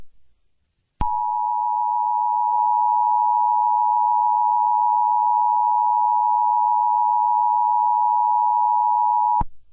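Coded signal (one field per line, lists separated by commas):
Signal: Emergency Alert System (SAME) tones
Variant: 853 and 960 Hz attention tone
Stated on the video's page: Fictional horror EAS scenario.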